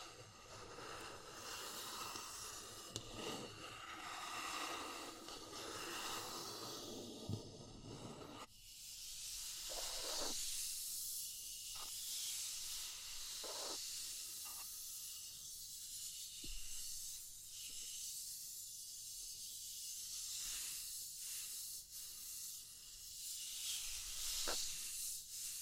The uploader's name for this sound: Natural Triggers Wood, Bamboo and Straw